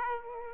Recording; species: mosquito wingbeat signal from an infrared sensor; Aedes aegypti